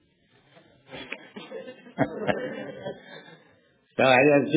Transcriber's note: laughs